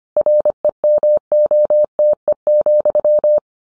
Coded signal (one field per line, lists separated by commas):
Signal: Morse code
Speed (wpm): 25 wpm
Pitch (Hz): 600 Hz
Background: none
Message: REMOTE,